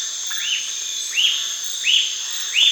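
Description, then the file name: Bird call: four arching, rising whistles spaced roughly every seven-tenths of a second over a steady high-pitched background drone. "SABIOD 50 bird 2015"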